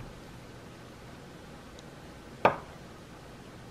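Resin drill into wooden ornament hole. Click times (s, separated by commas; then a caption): 2.5 s. A resin diamond-painting drill is pressed into a recessed hole of a wooden ornament. After quiet background hiss and a faint tick at 1.8 s, it snaps into place with a sharp, bright click at 2.5 s. The drill is seated.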